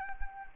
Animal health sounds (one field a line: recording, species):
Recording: mosquito wingbeat signal from an infrared sensor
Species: Anopheles arabiensis